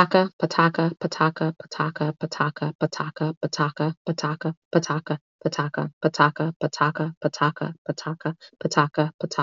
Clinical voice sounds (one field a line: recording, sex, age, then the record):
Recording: repeated syllables /pa ta ka/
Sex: female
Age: 30 to 39 years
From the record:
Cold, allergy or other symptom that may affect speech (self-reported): no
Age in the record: 37 years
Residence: Indiana, United States